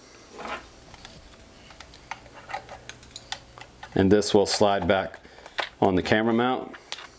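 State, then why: Not seated. A camera gimbal unit is handled and slid back toward the drone's plastic camera mount. Light ticks and taps sound through the clip, with a few sharper taps, while someone talks. Nothing has seated or clicked yet.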